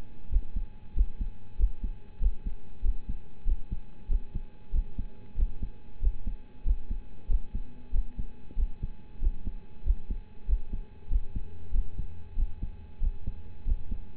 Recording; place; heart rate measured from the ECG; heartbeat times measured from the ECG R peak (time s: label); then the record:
heart sounds by stethoscope; between the tricuspid and mitral areas; 94 bpm
0.29 s: heartbeat
0.93 s: heartbeat
1.56 s: heartbeat
2.19 s: heartbeat
2.81 s: heartbeat
3.44 s: heartbeat
4.07 s: heartbeat
4.71 s: heartbeat
5.35 s: heartbeat
5.99 s: heartbeat
6.63 s: heartbeat
7.27 s: heartbeat
7.91 s: heartbeat
8.55 s: heartbeat
9.19 s: heartbeat
9.83 s: heartbeat
10.45 s: heartbeat
11.08 s: heartbeat
11.71 s: heartbeat
12.35 s: heartbeat
12.99 s: heartbeat
13.64 s: heartbeat
From the record:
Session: rest, lying down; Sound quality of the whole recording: partially saturated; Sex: male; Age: 25 years